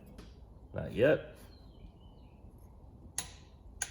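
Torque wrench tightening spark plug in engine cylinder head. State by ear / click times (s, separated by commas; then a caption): torque reached / 3.2 s, 3.8 s. A click-type torque wrench set to 20 ft-lb tightens a spark plug into the cylinder head of a 454 big-block engine. Someone talks briefly, then the wrench clicks sharply at 3.2 s and again at 3.8 s. The plug is torqued to spec.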